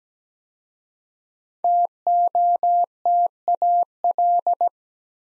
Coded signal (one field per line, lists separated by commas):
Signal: Morse code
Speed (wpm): 17 wpm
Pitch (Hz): 700 Hz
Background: none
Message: TOTAL